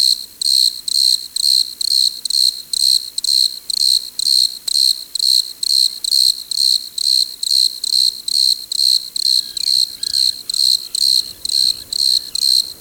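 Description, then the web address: Desert crickets produce a high, rhythmic chorus of chirps about twice per second. "Dr Sound Effects. Chorus of Desert Crickets"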